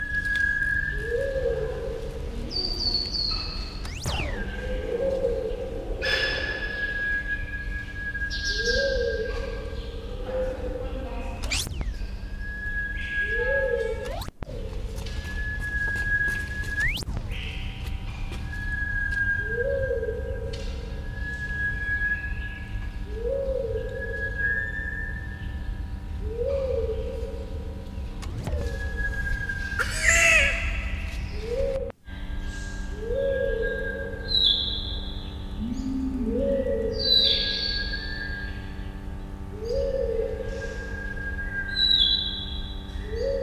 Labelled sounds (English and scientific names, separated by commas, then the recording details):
Sunbittern (Eurypyga helias)
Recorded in captivity
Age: adult
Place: Tierpark Berlin, Berlin, DE
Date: 1974-01-26 10:40
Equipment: Uher 4200 Report Monitor, Verst., Sennheiser MD 421
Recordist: Tembrock, Günter